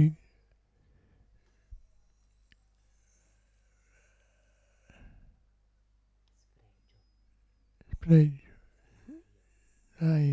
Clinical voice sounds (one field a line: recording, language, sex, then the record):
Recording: read list of words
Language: Italian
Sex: male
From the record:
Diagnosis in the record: Parkinson's disease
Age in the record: 65 years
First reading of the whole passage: 164 s, 3.2 characters per second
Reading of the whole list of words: 151 s, 1.9 characters per second